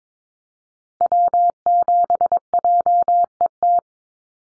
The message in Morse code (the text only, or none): W7JET